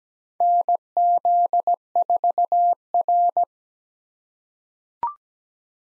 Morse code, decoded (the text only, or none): NZ4R